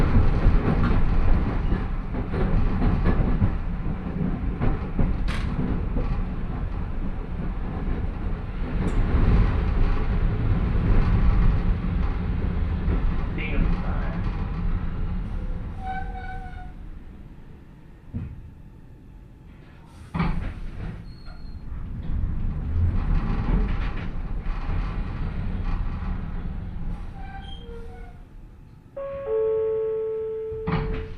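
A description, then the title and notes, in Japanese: A train with nose-suspended traction motors grinds along, giving a loud, heavy growl that rises and falls while a low rumble dominates. Around sixteen and twenty seconds it eases and quiets with clicks and knocks, then picks up again, ending with a steady tone near thirty seconds. 万葉線 高岡駅→越ノ潟。電車は吊りかけモーターなので中々の唸りをあげています。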